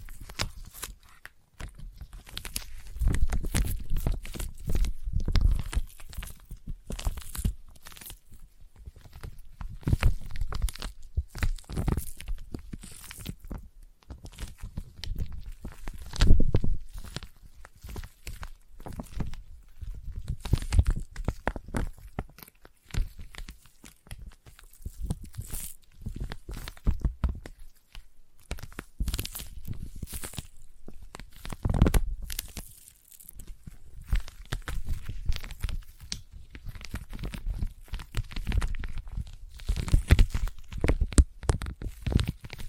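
Sticky tapping and peeling sounds come in dense, irregular bursts of quick taps, with brief tearing, crackling textures as surfaces pull apart. Low thumps surge in clusters every few seconds, strongest around 3, 16 and 32 seconds, with short quieter gaps between.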